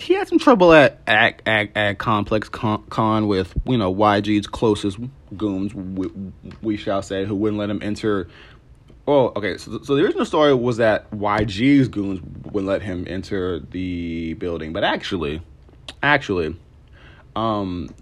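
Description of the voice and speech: An adult man talks at a quick, uneven pace. He drags out a vowel over several beats before a word, repeats the first consonant of "Con," holds a drawn-out pause, and says a word twice. These repetitions, prolongations and blocks are the marks of stuttering, a problem he has.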